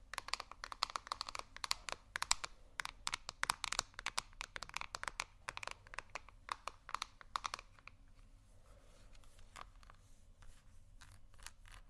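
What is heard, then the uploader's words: Someone rummages through a makeup bag, with dense, rapid clicks, taps and rustles of items knocking together during the first eight seconds. After that the handling slows to a few scattered clicks over a faint low hum, with a soft rustle near the end. ASMR Rummaging Through My Makeup Bag （No Talking）.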